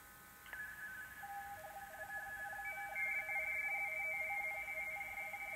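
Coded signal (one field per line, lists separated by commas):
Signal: RTTY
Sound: two or three warbling two-tone teletype signals chattering together, with a steady tone at first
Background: radio static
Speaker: yes I got confirmation thank you Jan Alpha golf Charlie Echo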